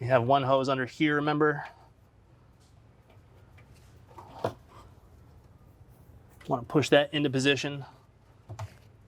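Someone talks while handling a hose under the intake plenum of a 2008–2013 BMW M3 (E90/E92/E93, S65 V8) during a throttle body actuator replacement, getting ready to push the hose into its fitting. Between the speech, a few faint sharp handling taps are heard around 3.6–4.5 s and again at 8.6 s. Nothing has seated or clicked yet; the clip ends just before the hose goes home.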